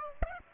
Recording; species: mosquito wingbeat signal from an infrared sensor; Aedes aegypti